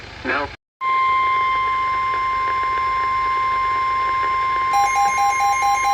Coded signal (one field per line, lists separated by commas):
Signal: Emergency Alert System (SAME) tones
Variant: 1050 Hz attention tone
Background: speech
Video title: i mean 2 is better than nothing... || EAS #32-33: SVR and SMW (SVR missed)